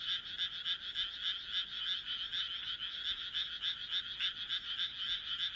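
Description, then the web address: Frog croaks: quick pulsed notes forming a continuous, pulsing rattle. "kaeru kaeru"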